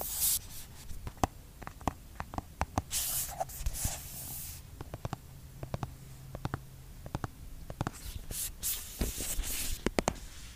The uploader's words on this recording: Skincare product tapping. Blue yeti microphone.